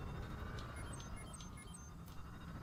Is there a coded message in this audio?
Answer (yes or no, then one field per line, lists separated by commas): no